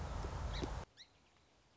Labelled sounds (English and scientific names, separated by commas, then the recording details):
Song Sparrow (Melospiza melodia)
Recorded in Sonoma County, California